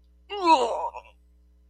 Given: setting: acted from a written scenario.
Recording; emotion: vocal sound without words; disgust